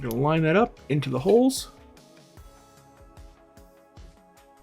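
Someone talks while lining up the plastic fan piece of a toy puppet with its holes, before pushing it home. After the talk, only quiet handling knocks are heard, around 2.0, 2.4 and 3.2 seconds, over a faint steady tonal background. Nothing has seated or clicked yet.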